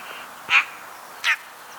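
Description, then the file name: Eurasian magpie producing two coarse, scratchy calls separated by about three quarters of a second. "Pica pica"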